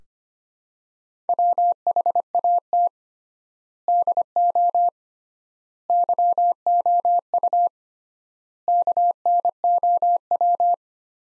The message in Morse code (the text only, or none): WHAT DO YOU KNOW